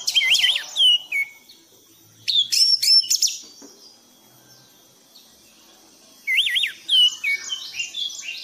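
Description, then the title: Thrush song: bursts of loud, varied whistled phrases with quick looping notes, separated by pauses. Masteran song in the 'gacor teler' style, used for training pet birds. "anis gacor teler"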